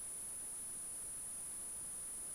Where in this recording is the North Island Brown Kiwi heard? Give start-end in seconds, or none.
none